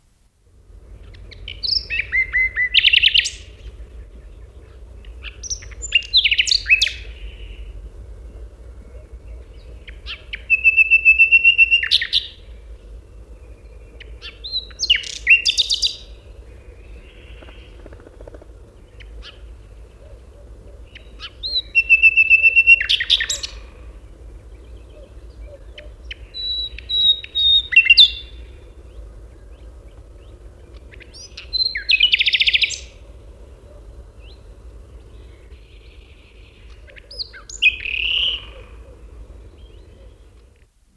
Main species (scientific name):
Luscinia megarhynchos